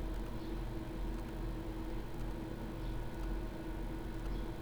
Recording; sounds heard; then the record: poultry house recording; no chicken sound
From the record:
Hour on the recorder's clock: 12